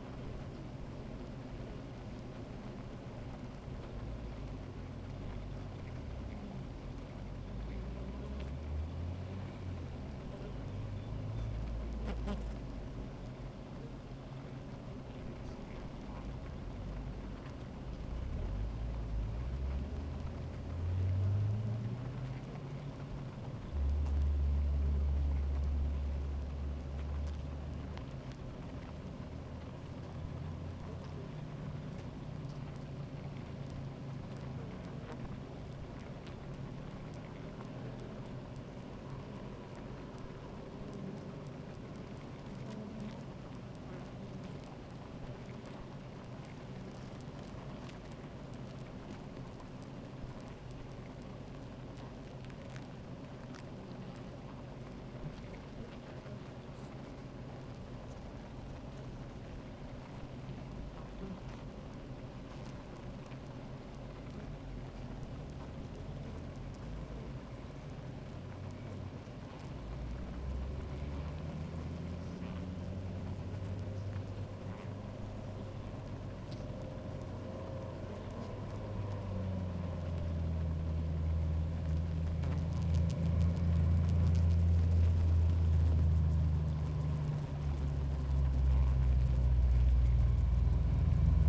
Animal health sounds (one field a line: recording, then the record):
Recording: honeybee colony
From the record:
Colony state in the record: active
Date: 28 July 2017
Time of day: 13:15